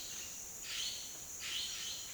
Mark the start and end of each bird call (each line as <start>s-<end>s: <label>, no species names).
0.00s-2.14s: bird call